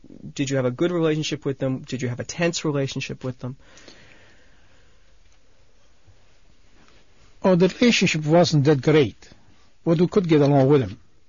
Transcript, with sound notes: Did you have a good relationship with them? Did you have a tense relationship with them?
( he pauses ) The relationship wasn't that great but you could get along with them.